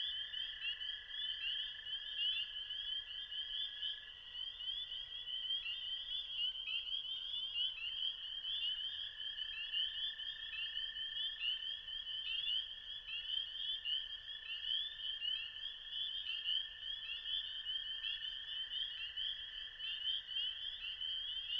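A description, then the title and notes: A dense, unbroken chorus of frogs and toads trills steadily at a high pitch, with a second lower, fainter band of calls underneath throughout. After a long winter in northern Minnesota, everything seems to awaken at once. The songs of migratory birds to the croaks of frogs and toads.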